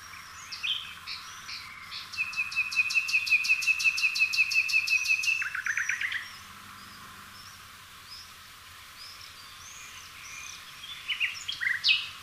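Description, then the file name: Common nightingale song: a long, rapid run of many identical sharp notes, then a few lower notes, followed by quieter varied phrases and a loud final burst. Faint whistles around. "Luscinia megarhynchos"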